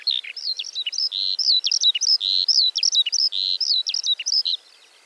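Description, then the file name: Eurasian skylark giving a quick run of repeated chirping and whistled phrases, bright and jerky, stopping abruptly near the end into quiet. "Feldlerche- Alauda arvensis"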